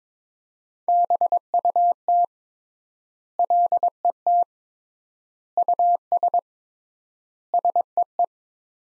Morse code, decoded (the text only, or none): BUT LET US SEE